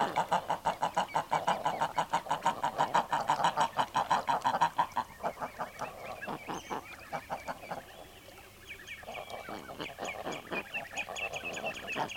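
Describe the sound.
Common eider calls, rapid regular pulsed honking for five seconds, then a looser mix of cooing and clucking notes from several birds.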